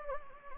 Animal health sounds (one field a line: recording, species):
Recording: mosquito wingbeat signal from an infrared sensor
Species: Anopheles gambiae